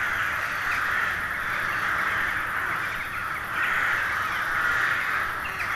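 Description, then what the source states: Crows massed together, giving a steady roar of harsh caws. Hundreds of crows gathering at dusk in winter to settle for the night in a poplar wood at Neuflize.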